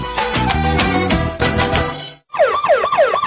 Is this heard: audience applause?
no